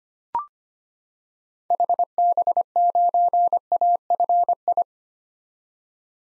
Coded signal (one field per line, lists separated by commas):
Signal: Morse code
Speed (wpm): 25 wpm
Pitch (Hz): 700 Hz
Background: none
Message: HB9AFI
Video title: 2023 SOTA Activator Call Signs - 25wpm